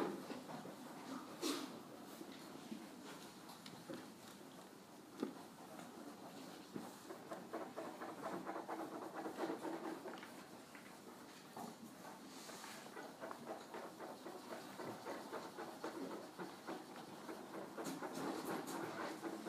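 An exam room at a fine arts college entrance test: a constant murmur of activity with frequent soft scrapes, taps and sharp clicks throughout.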